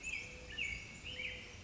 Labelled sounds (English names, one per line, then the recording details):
American Robin
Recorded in Sonoma County, California